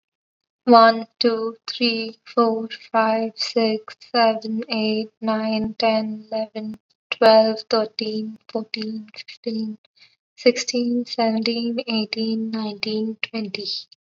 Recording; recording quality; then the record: counting at a normal pace; excellent, no background noise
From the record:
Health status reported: healthy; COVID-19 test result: not tested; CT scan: not taken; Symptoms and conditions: none ticked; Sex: female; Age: 23 years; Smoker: no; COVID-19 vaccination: both doses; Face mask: not worn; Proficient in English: yes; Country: India